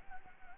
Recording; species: mosquito wingbeat signal from an infrared sensor; Anopheles gambiae